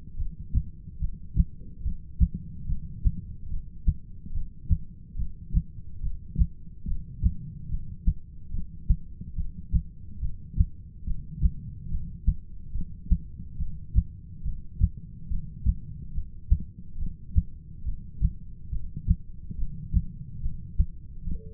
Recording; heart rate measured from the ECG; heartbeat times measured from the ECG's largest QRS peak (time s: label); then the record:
heart sounds by stethoscope; 71 bpm
0.18 s: heartbeat
1.01 s: heartbeat
1.84 s: heartbeat
2.68 s: heartbeat
3.50 s: heartbeat
4.34 s: heartbeat
5.18 s: heartbeat
6.03 s: heartbeat
6.87 s: heartbeat
7.70 s: heartbeat
8.53 s: heartbeat
9.37 s: heartbeat
10.21 s: heartbeat
11.07 s: heartbeat
11.91 s: heartbeat
12.74 s: heartbeat
13.59 s: heartbeat
14.44 s: heartbeat
15.30 s: heartbeat
16.14 s: heartbeat
16.99 s: heartbeat
17.85 s: heartbeat
18.71 s: heartbeat
19.57 s: heartbeat
20.42 s: heartbeat
21.26 s: heartbeat
From the record:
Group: heart failure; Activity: rest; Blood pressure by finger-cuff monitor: 103/75 mmHg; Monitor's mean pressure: 86 mmHg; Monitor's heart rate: 71 bpm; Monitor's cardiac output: 6.8 L/min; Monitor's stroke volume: 95 mL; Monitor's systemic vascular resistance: 920 dyn s/cm5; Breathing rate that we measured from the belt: 14 breaths a minute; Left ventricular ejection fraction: 25%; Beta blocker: metoprolol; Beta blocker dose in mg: 62.5 twice daily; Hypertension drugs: ramipril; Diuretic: furosemide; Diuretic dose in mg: 40 twice daily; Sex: male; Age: 57 years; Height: 180 cm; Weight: 90.5 kg